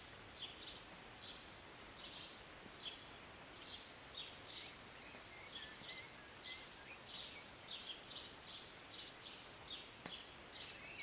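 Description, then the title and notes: Bird chirps, softer and uneven, mixed with a few thin lower whistles, against a continuous rain hiss. Birds singing and chirping from a city balcony on a Sunday morning during a short rain. "Rainy Morning with Birds Chirping. Was sitting on my balcony on a Sunday morning, enjoying a cup of tea and the birds. Enjoy the short rain in the morning with birds singing and chirping beautifully. And an occasional plane. Believe it or not, this was recorded in the city"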